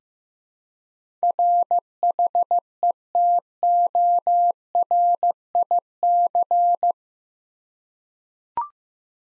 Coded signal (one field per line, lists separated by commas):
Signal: Morse code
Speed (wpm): 15 wpm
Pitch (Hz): 700 Hz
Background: none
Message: RHETORIC